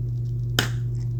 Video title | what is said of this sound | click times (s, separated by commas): Seiko Pepsi GMT Mod 🔥( full build video) | And there's a nice satisfying click when the bezel is in place. | 0.6 s